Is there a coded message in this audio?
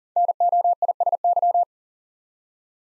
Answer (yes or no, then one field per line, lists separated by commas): yes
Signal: Morse code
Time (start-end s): 0.2-1.6 s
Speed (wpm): 40 wpm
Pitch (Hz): 700 Hz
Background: none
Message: NOISY